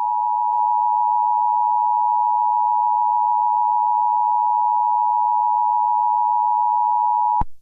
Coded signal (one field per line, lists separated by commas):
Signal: Emergency Alert System (SAME) tones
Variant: 853 and 960 Hz attention tone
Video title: EAS Scenario Special The EAS Hijacking of 2021